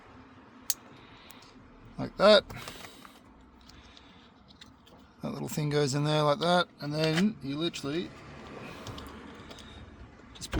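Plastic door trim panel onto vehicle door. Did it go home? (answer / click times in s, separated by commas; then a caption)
yes / 10.5 s. A plastic door trim panel is pushed onto the front door of a 2005–2015 Toyota Hilux N70 pickup during a front speaker install using all original parts and wiring, while someone talks between quiet handling taps. The panel clicks on at 10.5 s and is seated.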